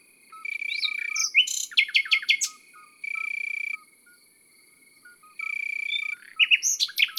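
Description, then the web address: Common nightingale song of loud, varied whistles and clipped notes in quick runs, between steady buzzing bursts, with soft chirps in the background. Countryside setting. "Rossignol philomele Chants doiseaux dans la campagne. album chants-doiseaux-dans-la-campagne"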